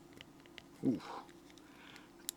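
A screwdriver bit is pushed into a bit holder, where a spring, not a magnet, holds it with strong retention. Someone talks briefly, and faint taps are heard before a sharp click at 2.3 s as the bit snaps in and seats.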